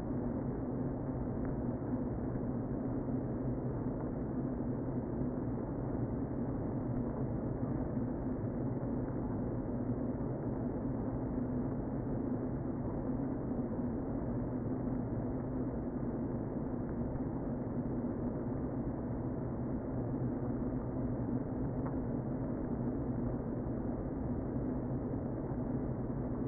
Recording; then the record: honeybee colony, microphone inside the hive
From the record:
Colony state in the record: queen present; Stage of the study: before two queens were removed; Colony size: about 60,000 bees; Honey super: yes